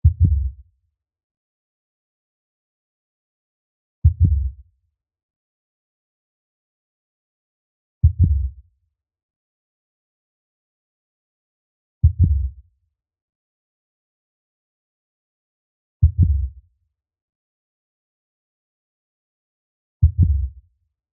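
Six deep, muffled thumps fall evenly about every four seconds, roughly 15 beats a minute, with silence between them. This slow, booming rhythm is a blue whale heartbeat, given as a looped sound effect.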